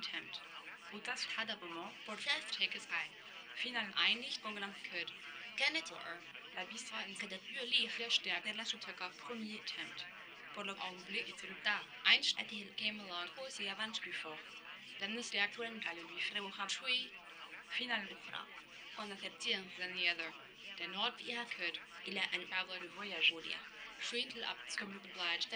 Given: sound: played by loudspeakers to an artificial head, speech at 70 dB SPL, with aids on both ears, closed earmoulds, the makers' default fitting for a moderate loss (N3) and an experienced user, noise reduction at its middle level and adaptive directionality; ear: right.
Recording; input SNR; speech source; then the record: speech test signal (ISTS) in cocktail-party noise; +6 dB; in front (0 degrees)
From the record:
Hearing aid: class 2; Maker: F